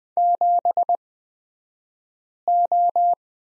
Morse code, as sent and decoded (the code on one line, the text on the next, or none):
--... ---
7O